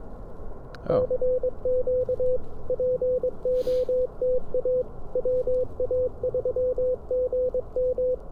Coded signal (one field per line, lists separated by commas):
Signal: Morse code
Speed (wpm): 22 wpm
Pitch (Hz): 500 Hz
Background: speech, radio noise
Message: CQ POTA WA3GM